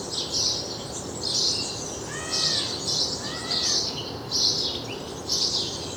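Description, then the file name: House sparrow chirps about once a second, with two lower, arched, harmonic-rich notes sounding briefly in the middle. "Passer domesticus"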